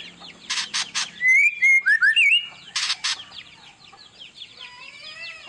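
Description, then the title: White-rumped shama: bird song with harsh rasping bursts around a short run of bright whistled notes, followed by softer faint twittering. Lure song of a white-rumped shama, meant to make other birds respond; described as gacor, singing persistently. "PANCINGAN MEWAH MURAI BATU GACOR, SEKALI DENGAR AMPUH LANGSUNG RESPON"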